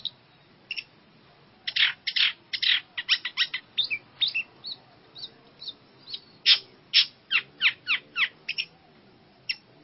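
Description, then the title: Long-tailed shrike song: bursts of sharp, high chirps and clipped notes in uneven clusters, with short pauses between phrases. Combination ('kombinasi') training song of long-tailed shrike. "Cendet Kombinasi"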